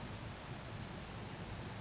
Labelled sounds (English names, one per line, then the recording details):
California Towhee
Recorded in Sonoma County, California